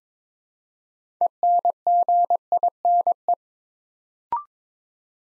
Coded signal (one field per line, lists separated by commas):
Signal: Morse code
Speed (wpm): 22 wpm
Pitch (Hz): 700 Hz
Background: none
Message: ENGINE